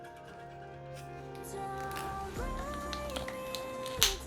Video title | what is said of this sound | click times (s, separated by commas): How To Assemble Raider Gundam Full Mechanics- The Legs. Very Easy レイダーガンダムの脚部フルメカニクス組み立て方。超簡単 | goes together perfectly. You heard that snap. | 4.0 s